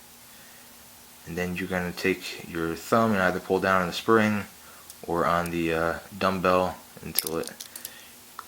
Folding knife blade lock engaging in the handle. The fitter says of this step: until it clicks into place and closes.